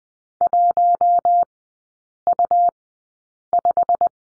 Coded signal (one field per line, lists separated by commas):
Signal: Morse code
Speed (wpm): 20 wpm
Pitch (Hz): 700 Hz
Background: none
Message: 1U5